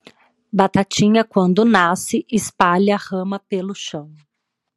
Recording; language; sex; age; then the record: short text; Brazilian Portuguese; female; 30 to 39 years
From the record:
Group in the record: control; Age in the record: 38 years